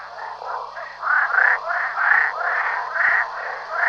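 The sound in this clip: Frog croaking: hoarse croaks repeated in quick succession in a steady rhythm, continuing without a break.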